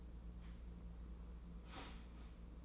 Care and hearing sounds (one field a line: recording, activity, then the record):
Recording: daily activity, microphone in the room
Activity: start toaster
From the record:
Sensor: 1